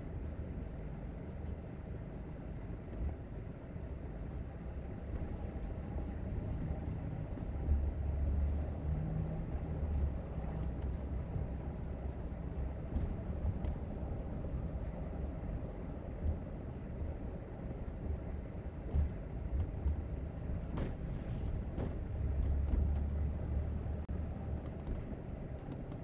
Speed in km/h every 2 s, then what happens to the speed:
24, 24, 32, 40, 44, 45, 45, 39, 34, 32, 37, 35, 34.
2-7 speeds up to 44. 7-12 steady at about 45. 12-17 slows to 32. 17-26 steady at about 34.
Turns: none.